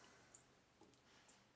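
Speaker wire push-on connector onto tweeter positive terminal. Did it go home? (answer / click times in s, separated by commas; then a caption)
yes / 0.3 s. A push-on speaker wire connector is snapped onto the positive terminal of a replacement tweeter for an MC-6AW speaker, done the same way as the negative one. A sharp click at 0.4 s marks the connector seating, followed by two fainter ticks near 0.9 s and 1.3 s over a quiet background. The connector is seated on the terminal.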